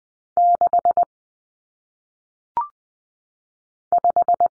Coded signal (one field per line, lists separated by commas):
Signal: Morse code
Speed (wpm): 20 wpm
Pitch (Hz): 700 Hz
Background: none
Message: 6 5